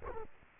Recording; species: mosquito wingbeat signal from an infrared sensor; Culex quinquefasciatus